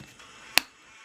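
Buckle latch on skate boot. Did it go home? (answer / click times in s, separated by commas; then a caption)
yes / 0.6 s. A buckle latch on a skate boot is closed and clicks in place with one sharp, bright click at 0.6 s over a quiet background. It seats properly, unlike the boot's other buckle, which was damaged in a crash.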